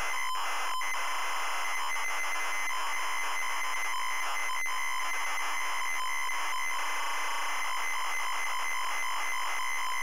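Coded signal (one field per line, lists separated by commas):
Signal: ZX Spectrum tape loading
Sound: loud harsh buzzing screech with steady whining overtones and brief dropouts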